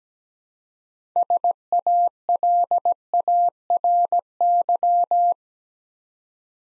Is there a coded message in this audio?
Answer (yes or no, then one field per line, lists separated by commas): yes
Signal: Morse code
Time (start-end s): 1.2-5.3 s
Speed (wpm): 17 wpm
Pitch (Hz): 700 Hz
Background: none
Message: SALARY